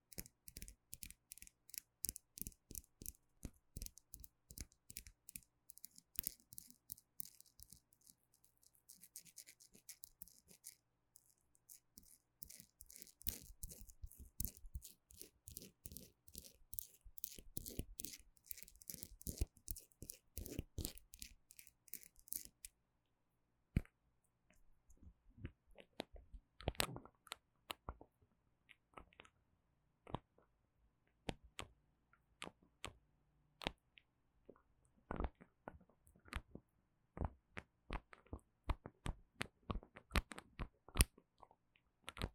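Rapid, crisp tapping and scratching on gel nail supplies, dense and regular for twenty seconds, then sparser, sharper irregular clicks after a brief pause.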